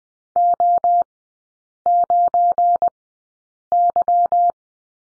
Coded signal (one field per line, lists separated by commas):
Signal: Morse code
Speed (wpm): 20 wpm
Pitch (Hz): 700 Hz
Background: none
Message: O9Y